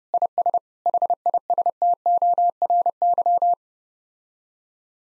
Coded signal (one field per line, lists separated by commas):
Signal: Morse code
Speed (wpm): 30 wpm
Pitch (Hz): 700 Hz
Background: none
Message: IS HISTORY